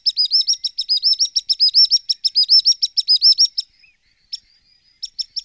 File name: piro piro piccolo